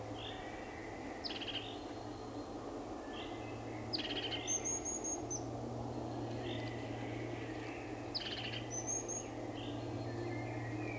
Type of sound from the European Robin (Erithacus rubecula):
song